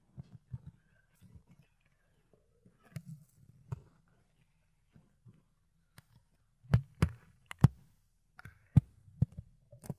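Ear picking and cleaning, heard as soft, low rubbing and scratching through much of the clip. Sharp clicks and crackles break in now and then, a few near three and four seconds and a denser cluster from about six seconds to the end.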